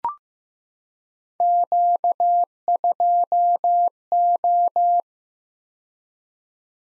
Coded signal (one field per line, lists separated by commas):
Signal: Morse code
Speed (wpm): 15 wpm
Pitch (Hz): 700 Hz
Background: none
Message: Q2O